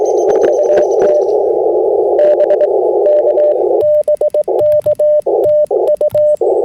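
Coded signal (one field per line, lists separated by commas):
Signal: Morse code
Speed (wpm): 22 wpm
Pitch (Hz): 600 Hz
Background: radio noise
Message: UT BK BK TU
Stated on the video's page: Slow CW from a park activation with IC-705 and PackTenna end-fed half-wave vertical, finishing after FT8.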